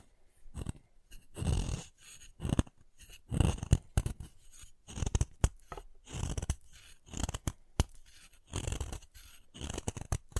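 Chalk being carved and cut in a run of short scraping and snipping bursts, each lasting about half a second, with brief sharp clicks between them. The strokes come irregularly, roughly one or two per second, gritty and bright, separated by near silence.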